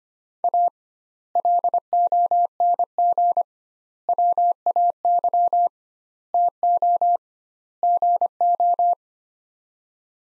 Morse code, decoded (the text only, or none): A LONG WAY TO GO